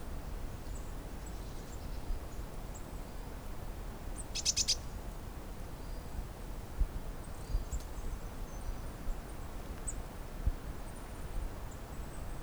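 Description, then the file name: Eurasian blue tit giving one short rattling burst of rapid high notes, with faint thin calls elsewhere and steady low background noise. "Cyanistes caeruleus"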